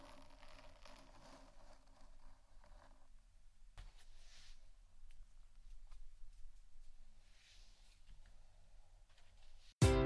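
Quiet scratching and light tapping textures, mostly soft and sparse, with a low rumble running underneath. A faint rustle fills the first three seconds, a sharp tap lands near four seconds, and scattered small clicks follow before a sudden loud burst right at the end.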